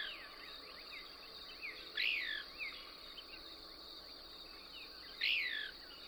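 Couch's Kingbird song: two bright, emphatic swept notes a few seconds apart over soft twittering and a constant high buzzing drone.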